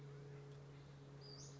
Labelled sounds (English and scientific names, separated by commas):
Western Flycatcher (Empidonax difficilis)